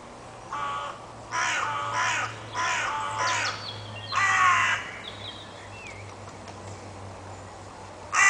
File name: Corvus corone